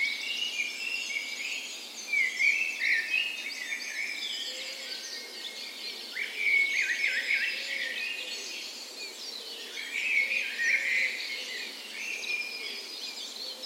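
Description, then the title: Birds: dawn chorus with dense overlapping twitters and trills, several birds singing together without pause. Dawn chorus on the morning of 17 May, Norway's National Day, in a park west in Bergen, Norway, in spring; recorded with Sony PCM A10 and LOM Micro Usi microphones as tree ears. "17th Of May Dawn Chorus"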